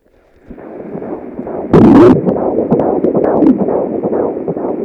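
Rapid, rhythmic whooshing pulses come through a muffled, hissy Doppler-type sound, with a brief loud crackle near two seconds. This is the fetal heartbeat of the second baby at 15 weeks of pregnancy, heard by Doppler monitor.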